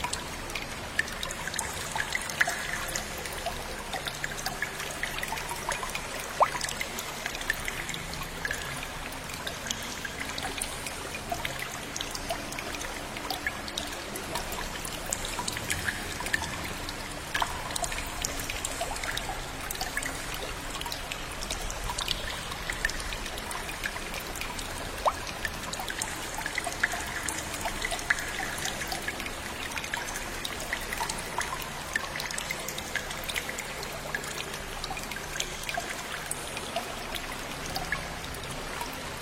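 Stream water trickles steadily through a cave for the whole stretch, a dense, even patter of small splashes and drips with no pauses. A soft low rumble sits underneath, and the echoing space gives the bright dribbling a slightly hollow, lingering quality.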